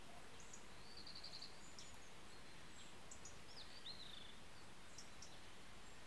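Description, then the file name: Birds: a quick stuttering trill, then a high whistle sliding downward, amid faint chirps and a continuous low rumble of traffic. Several birds in a garden with traffic, 13 September 2016. "160913-voegel garten verkehr"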